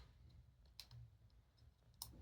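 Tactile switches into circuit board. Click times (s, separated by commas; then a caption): 0.8 s, 2.0 s. Two tactile push-button switches are pressed into their holes on a hub circuit board before soldering, and they snap into place. Two sharp, bright clicks are heard at 0.8 s and 2.0 s over a low background hum, with a fainter tick just after the first at 0.9 s. Both switches seat.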